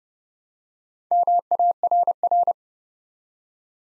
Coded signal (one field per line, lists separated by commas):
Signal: Morse code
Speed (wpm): 30 wpm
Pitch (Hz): 700 Hz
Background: none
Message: MARR